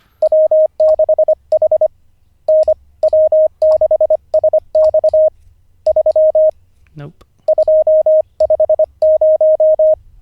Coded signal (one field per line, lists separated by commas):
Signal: Morse code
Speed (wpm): 25 wpm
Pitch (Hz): 620 Hz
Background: speech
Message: W6H N W6SX 3 250